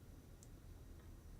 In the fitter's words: you can hear it snap we're